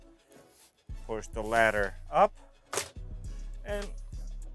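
Someone talks over background music while the ladder and upper bunk in the sleeper cab of a 2020 Peterbilt 579 Ultra Loft are pushed up toward the stowed position, with a few short handling knocks. Nothing has latched or clicked yet when the clip ends.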